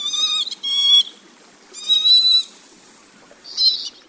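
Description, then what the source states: Northern lapwing calls: three nasal, wheezy notes with rich harmonics, two close together then one after a pause, followed by a brief higher buzzy note; quiet background. Recorded in Izumi, Kagoshima Prefecture, Japan.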